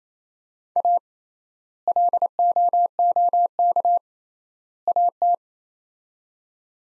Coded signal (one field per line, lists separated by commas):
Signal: Morse code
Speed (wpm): 28 wpm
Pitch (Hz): 700 Hz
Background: none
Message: A LOOK AT